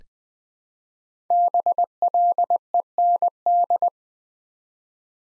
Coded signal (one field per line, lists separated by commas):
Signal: Morse code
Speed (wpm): 20 wpm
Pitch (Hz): 700 Hz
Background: none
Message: BLEND